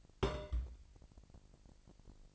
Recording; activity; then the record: daily activity, microphone in the room; place on stove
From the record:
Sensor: 5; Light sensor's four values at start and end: 23/51/22/24 and 23/50/22/24